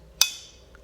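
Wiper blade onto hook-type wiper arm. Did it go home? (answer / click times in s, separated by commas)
yes / 0.2 s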